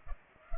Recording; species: mosquito wingbeat signal from an infrared sensor; Culex pipiens